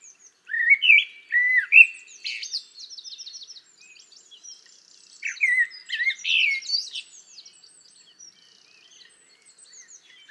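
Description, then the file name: Common blackbird song with rich whistled opening notes, then scratchy high-pitched twitters, a second phrase following after a short gap. "Turdus merula"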